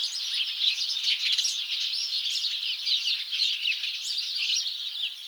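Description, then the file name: House sparrows calling together, a crowded mix of quick sharp chirps with brief louder bursts over a constant chattering background. "Passer domesticus"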